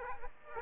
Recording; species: mosquito wingbeat signal from an infrared sensor; Aedes aegypti